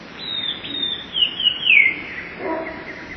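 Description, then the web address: Eurasian blue tit song, a short phrase of high, thin notes that slide lower. "wroblowe teka 2 spiew 11. wroblowe teka modraszkoteka"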